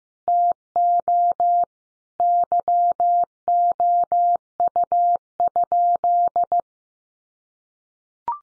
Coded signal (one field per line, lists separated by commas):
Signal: Morse code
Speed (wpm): 14 wpm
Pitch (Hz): 700 Hz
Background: none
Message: TO YOU?